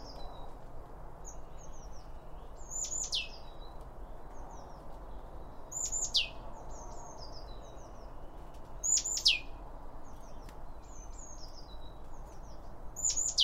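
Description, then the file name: Birds give sharp, high falling calls again and again among softer twittering notes, over a quiet low rumble. Birds around a bird feeder, recorded with two Line Audio OM1 microphones. "Birds Around Birdfeeding With Two Om 1 From Line Audio"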